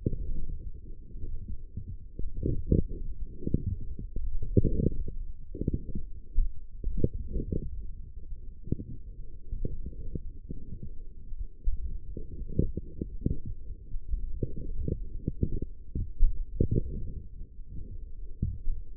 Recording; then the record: forearm muscle sounds (acoustic myography)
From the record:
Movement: forearm supination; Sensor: system 1, eight BSWA MPA416 microphones around the upper forearm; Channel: 7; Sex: male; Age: 20 years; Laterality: left